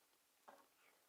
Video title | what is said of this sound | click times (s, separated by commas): Threedom Model S+ Assembly Video | you'll feel it sort of snap into place | 0.5 s